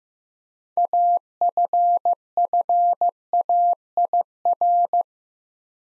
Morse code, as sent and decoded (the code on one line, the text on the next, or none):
.- ..-. ..-. .- .. .-.
AFFAIR